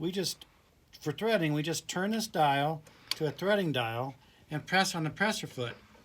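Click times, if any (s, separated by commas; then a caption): none. Someone talks while handling the threading lock mechanism of a serger sewing machine: the dial is turned to the threading setting and the presser foot is about to be pressed to lock the threading mechanism in place. The clip ends before the part goes home, so nothing has seated or clicked yet.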